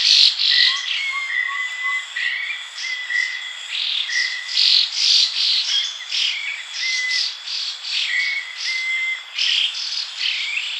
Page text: Ferruginous Babbler Calls. Quick Sounds